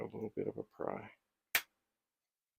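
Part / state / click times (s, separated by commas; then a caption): RAM chip in a computer circuit board / released / 1.5 s. Someone talks while a desoldered 2114 RAM chip, one of the last five, is pried up from the circuit board of a Commodore VIC-20 6502-based computer. A single sharp snap sounds at 1.6 s as the chip releases, followed by silence, and nothing appears to have broken.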